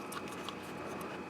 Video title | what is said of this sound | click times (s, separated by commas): How To Diagnose And Repair Engine Noise 2002 Toyota Avalon | want to listen for it to snap in place because you | 0.5 s